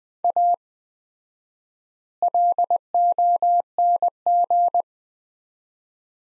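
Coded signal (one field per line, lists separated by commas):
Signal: Morse code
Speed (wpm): 20 wpm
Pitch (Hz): 700 Hz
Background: none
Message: A LONG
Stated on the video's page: Morse practice at 20 wpm sending sets of two words with 4x word spacing, a Farnsworth-like approach applied to words.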